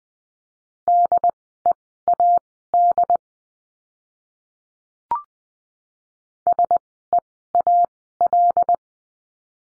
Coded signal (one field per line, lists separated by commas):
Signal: Morse code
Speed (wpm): 20 wpm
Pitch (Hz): 700 Hz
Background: none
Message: DEAD SEAL